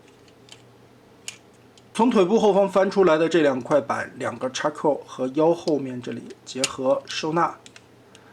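A plastic tab on the car door panel is pressed into the side of an X-Transbots MX-25 Maeadas (Camshaft) transforming toy to fix it in place, giving one sharp click at 1.3 s, with fainter ticks around 0.5 s and near the end. The tab seats, and from about 2.0 s someone talks over the handling.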